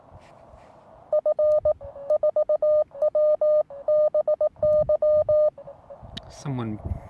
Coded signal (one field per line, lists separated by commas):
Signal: Morse code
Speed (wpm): 18 wpm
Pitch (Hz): 610 Hz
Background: speech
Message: F4WBY